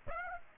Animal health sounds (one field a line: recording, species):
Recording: mosquito wingbeat signal from an infrared sensor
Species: Aedes aegypti